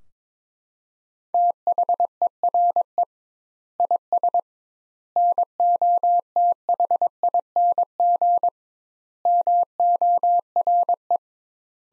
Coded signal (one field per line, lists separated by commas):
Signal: Morse code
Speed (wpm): 22 wpm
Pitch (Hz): 700 Hz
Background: none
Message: THERE IS NOTHING MORE